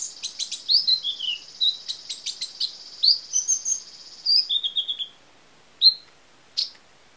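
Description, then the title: Small bird twittering in quick high bursts with a few downslurred notes, then trailing off to two isolated chirps and quiet. "Burung Kecil"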